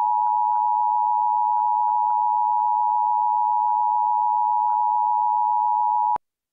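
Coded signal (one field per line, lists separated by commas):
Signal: Emergency Alert System (SAME) tones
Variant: 853 and 960 Hz attention tone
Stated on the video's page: SAME tones of a Kentucky statewide Child Abduction Emergency on NOAA Weather Radio.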